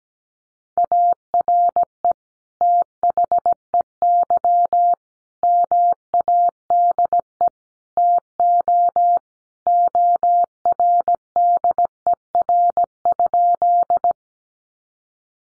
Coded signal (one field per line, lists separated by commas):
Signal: Morse code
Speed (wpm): 17 wpm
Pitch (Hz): 700 Hz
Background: none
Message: ARE THEY MADE TO ORDER?